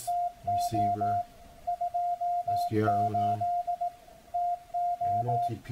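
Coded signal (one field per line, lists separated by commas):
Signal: Morse code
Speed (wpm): 18 wpm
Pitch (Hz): 700 Hz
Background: speech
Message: TO 28 TO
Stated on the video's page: CW received on 7047.505 kHz with an SDRplay RSPdx receiver.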